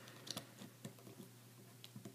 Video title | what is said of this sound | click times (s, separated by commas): Megaforce Armored Ultra Mode Red/Blue Review [Power Rangers Megaforce] | And it just kind of clicks on like that. | 0.3 s